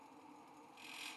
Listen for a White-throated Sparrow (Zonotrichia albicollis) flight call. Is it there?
no